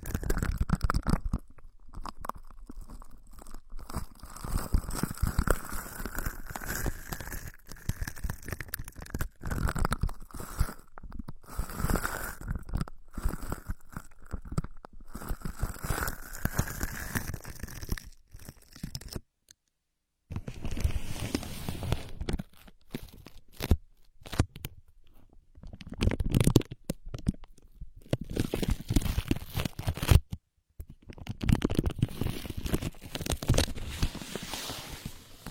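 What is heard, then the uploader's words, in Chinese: A wordless ear massage with dense rustling, rubbing and crinkly scratching that swells and fades in uneven strokes. For the first fifteen seconds a soft whistling hum rides under the friction. The sound cuts out briefly near 19 and 30 seconds. 无人声按摩耳朵（声控助眠）。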